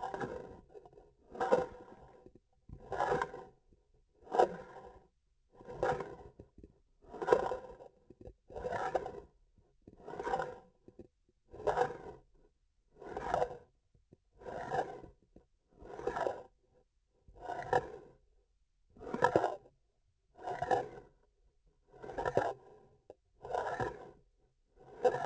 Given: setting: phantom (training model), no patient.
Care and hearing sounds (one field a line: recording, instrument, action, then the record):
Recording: laparoscopic instrument, vibration sensor on the handle end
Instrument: grasping forceps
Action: approaching and retracting movements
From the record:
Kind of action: spatial motion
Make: Olympus